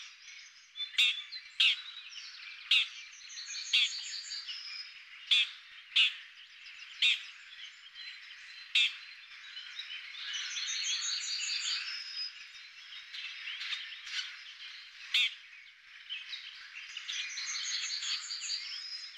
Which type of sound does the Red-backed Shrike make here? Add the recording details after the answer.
song. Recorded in the wild. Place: Pripyatskiy NP, BY. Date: 2005-05-27. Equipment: Minidisc Sony MZ-R35, Telinga DAT, Telinga-Parabolspiegel. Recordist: Schwarz, Dieter